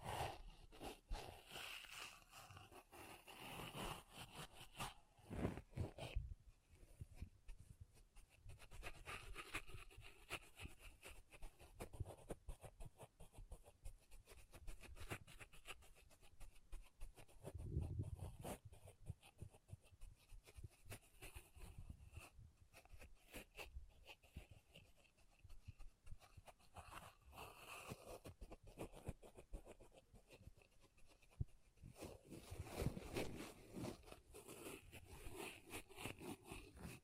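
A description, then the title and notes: Pom poms are rubbed and squished for tingles, a soft, dense scratchy rustling that runs without pause for the whole stretch. Quick brushing strokes come in uneven bursts, with a few sharper crackles near six, eighteen and thirty-three seconds. ASMR Ultimate Pom Pom Tingles (No Talking).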